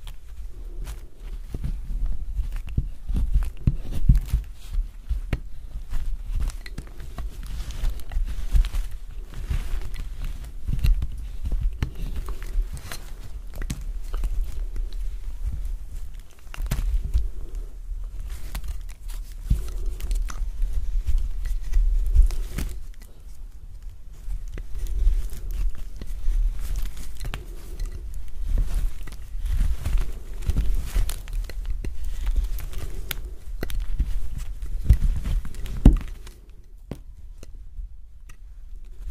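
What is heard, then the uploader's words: Soap carving: a dense, irregular run of small scrapes, crumbles and clicks continues almost without break, with a soft low thudding beneath. The scraping thins briefly around 17 and 23 seconds and falls nearly silent in the final two seconds. ASMR Soap Carving. Relaxing soap cutting sounds.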